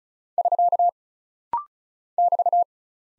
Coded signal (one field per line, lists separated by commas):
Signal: Morse code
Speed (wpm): 36 wpm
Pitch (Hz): 700 Hz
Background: none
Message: <SK> <BT>